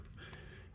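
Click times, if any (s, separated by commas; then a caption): 0.3 s. With the camshaft removed from a 2011 Grand Caravan engine, a rocker arm on the cylinder head is pulled off its lifter. A brief, sharp pop is heard at 0.3 s over a steady low background rumble as the rocker arm comes free and is released.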